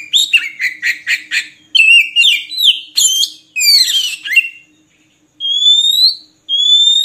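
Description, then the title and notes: Oriental magpie-robin song: rapid chirping, then rich wavering whistled phrases and scratchy notes, closing with two long rising whistles. Long-duration song used to train kept birds to sing actively, day and night. "Kacer Jadi Gacor Siang Malam. Isian Kacer Durasi Panjang"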